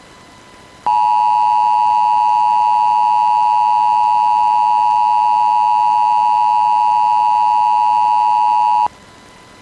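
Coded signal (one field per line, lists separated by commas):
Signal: Emergency Alert System (SAME) tones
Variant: 853 and 960 Hz attention tone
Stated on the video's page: Silver Alert administrative message for Yavapai County, Arizona, from the Arizona Department of Public Safety via IPAWS.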